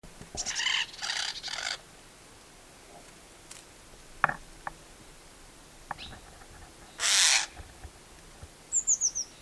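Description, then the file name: Eurasian jay giving harsh, rasping screeches: three quick bursts near the start, a single louder one later, then a few thin high notes at the end. "Garrulus glandarius"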